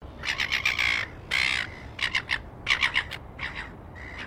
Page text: BIRD SILVER GULL CHIRP SEQUENCE. Australian birds